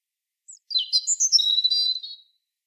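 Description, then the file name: European robin song phrase: a tumbling mix of high, thin, fast-changing notes, run together for over a second against quiet surroundings. "Erithacus rubecula"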